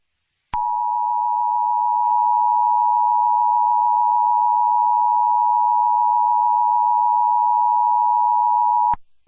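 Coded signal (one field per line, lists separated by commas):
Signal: Emergency Alert System (SAME) tones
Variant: 853 and 960 Hz attention tone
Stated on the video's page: Fictional EAS scenario for a bubonic plague event.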